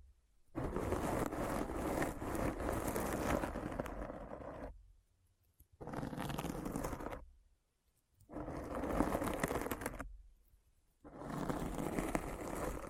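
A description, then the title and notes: Dense scratching comes in four bursts of one to four seconds, separated by short silences, rough and full from low to bright. ASMR Deep Brain Scratch (No Talking).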